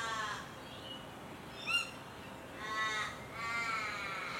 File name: canto do cuco gigante